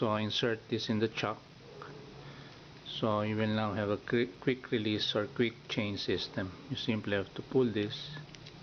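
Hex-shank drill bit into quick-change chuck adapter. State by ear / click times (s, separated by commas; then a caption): not seated / none. A hex-shank drill bit is being handled at a quick-change chuck adapter while someone talks throughout. A faint brief sound comes at about 1.8 s and a tiny tick at 8.5 s, but the bit has not yet locked into the chuck and nothing has seated or clicked by the end.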